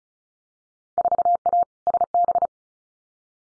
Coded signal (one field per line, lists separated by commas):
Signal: Morse code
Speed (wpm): 36 wpm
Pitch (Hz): 700 Hz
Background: none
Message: 4A SB